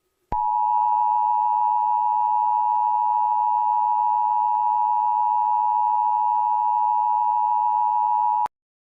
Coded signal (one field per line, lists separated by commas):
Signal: Emergency Alert System (SAME) tones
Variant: 853 and 960 Hz attention tone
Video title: EAS Scenario #10 - The Eclipse (200 Subscribers)